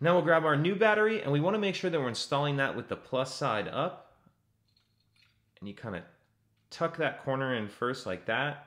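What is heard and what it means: A new CR2450 coin cell is placed plus side up and tucked corner-first into the battery holder of a 2017–2022 Ford Raptor / F-150 key fob. Someone talks throughout, with a quiet pause holding only faint handling sounds. Nothing has seated or clicked yet.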